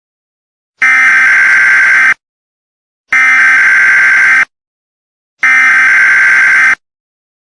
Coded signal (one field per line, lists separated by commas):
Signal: Emergency Alert System (SAME) tones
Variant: header bursts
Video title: THE VODKA KING EAS SCENARIO